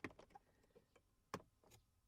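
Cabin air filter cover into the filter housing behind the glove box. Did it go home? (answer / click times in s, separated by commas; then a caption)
yes / 1.3 s. A plastic cabin air filter access cover with two small tabs on a 2017 Ford Explorer is slid into the filter housing behind the glove box. A few light plastic ticks and taps lead up to a sharp, satisfying snap at 1.3 s as the cover clicks shut. The cover is seated.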